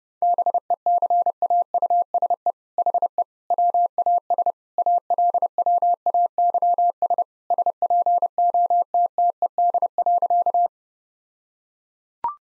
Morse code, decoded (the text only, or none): BECAUSE HE WAS ALWAYS SPOTTED.